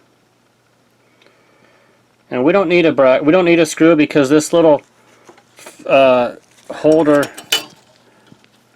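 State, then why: Seated. A small plastic holder for the expansion card bracket is pushed into place on a desktop case, and it clicks into place at 8.4 s. Someone talks through most of the clip, with a few faint knocks in between.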